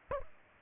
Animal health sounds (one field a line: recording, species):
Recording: mosquito wingbeat signal from an infrared sensor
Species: Aedes aegypti